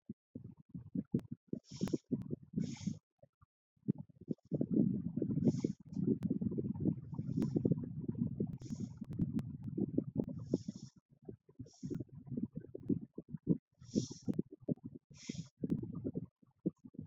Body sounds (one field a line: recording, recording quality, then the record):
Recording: deep breathing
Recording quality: excellent, no background noise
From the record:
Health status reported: respiratory illness, not identified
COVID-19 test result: not tested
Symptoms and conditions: asthma, hypertension, diabetes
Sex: female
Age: 56 years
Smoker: not ticked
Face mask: not worn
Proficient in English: yes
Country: India